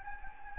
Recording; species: mosquito wingbeat signal from an infrared sensor; Anopheles gambiae